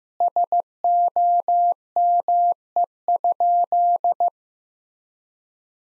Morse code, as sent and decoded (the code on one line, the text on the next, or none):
... --- -- . ..--..
SOME?